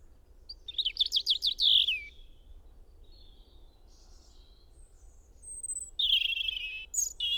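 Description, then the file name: European robin song: a quick series of about six high notes swooping up and down, then a quieter pause with faint notes, then another high, tinkling, varied phrase near the end. "Erithacus rubecula"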